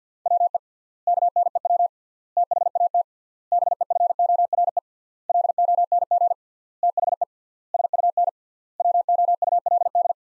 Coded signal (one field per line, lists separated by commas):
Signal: Morse code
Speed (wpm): 50 wpm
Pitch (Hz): 700 Hz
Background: none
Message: WE KNEW THAT BEFORE LONG THE SUN WOULD